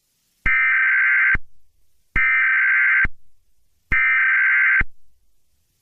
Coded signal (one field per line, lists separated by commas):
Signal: Emergency Alert System (SAME) tones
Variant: header bursts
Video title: EAS Scenario #13 (SPOOKY NUMBER): NO EYES ON ME!